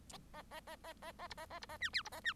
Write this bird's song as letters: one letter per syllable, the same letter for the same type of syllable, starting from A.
A A A A A A B A A B A C D B A C